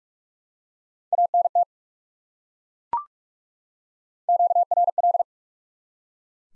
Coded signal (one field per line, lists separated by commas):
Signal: Morse code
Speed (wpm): 43 wpm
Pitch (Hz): 700 Hz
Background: none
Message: ANT QRL